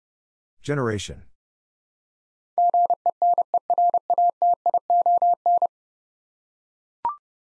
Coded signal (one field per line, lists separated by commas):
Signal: Morse code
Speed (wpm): 29 wpm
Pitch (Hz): 700 Hz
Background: none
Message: GENERATION